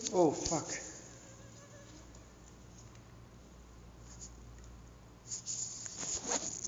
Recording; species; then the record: mosquito flight sound by mobile phone; Anopheles gambiae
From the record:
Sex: female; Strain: Kisumu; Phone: Google Nexus